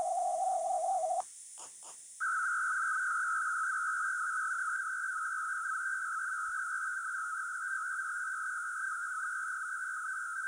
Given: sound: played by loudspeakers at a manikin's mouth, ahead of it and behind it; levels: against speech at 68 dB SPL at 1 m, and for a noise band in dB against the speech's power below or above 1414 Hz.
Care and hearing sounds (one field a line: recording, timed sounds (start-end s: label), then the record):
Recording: test signals for a remote microphone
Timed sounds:
0.00-1.20 s: noise band at 707 Hz, as loud as that band is in speech
2.20-10.48 s: noise band at 1414 Hz, as loud as that band is in speech
From the record:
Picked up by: remote microphone C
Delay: 23 ms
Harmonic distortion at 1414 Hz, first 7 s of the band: under -40 dB